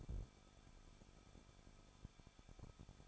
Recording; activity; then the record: daily activity, microphone in the room; no activity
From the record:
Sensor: 5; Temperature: 20.8 degrees Celsius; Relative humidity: 38.2%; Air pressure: 1006.5 hPa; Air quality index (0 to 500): 187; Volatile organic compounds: 18 ppm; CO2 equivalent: 2620 ppm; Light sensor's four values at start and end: 2/3/1/1 and 2/3/1/1